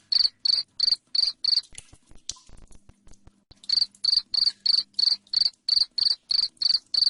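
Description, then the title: Cricket chirping: loud, regular chirps with a short break full of soft clicks and a faint hum, then a long unbroken run. Loud cricket chirping played to make lovebirds keep singing. "Suara JANGKRIK NGERIK Keras Bikin LOVEBIRD Jadi NGEKEK Terus Vubey"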